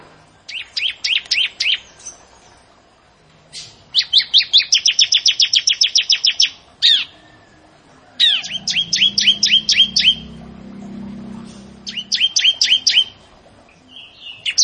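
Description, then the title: Bar-winged prinia song: four bursts of rapid, sharp, high chirping notes, separated by short pauses. "Ciblek Sawah"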